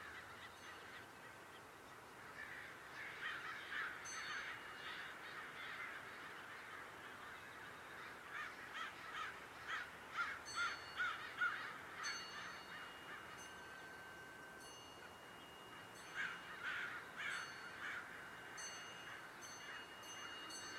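Crows caw repeatedly along footpaths at the Dharma Rain Zen Center, their harsh calls coming in loose clusters: a few near the start, a denser run in the middle, and more toward the end. A steady low hiss continues underneath throughout.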